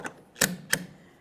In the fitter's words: Now to install this fuel cap, we'll put it in place and turn it clockwise until it clicks.